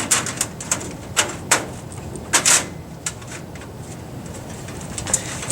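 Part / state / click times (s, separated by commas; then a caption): floppy drive into computer case drive bay / not seated / none. A floppy drive is slid back into its drive bay in a computer case, producing a series of short, sharp plastic-and-metal knocks and scrapes over a steady background hiss. Nothing has seated or clicked yet: the drive fails to snap into the bay because it is not falling into place properly, so the screw holes need to be checked for alignment.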